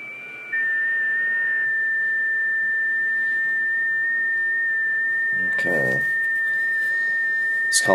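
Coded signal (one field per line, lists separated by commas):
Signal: FT8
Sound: a steady high whistle-like tone, briefly interrupted by short voice-like noises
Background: room noise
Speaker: so let's call CQ again okay let's call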